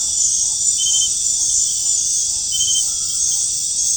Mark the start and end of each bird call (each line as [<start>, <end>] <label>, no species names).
[0.00, 3.96] bird call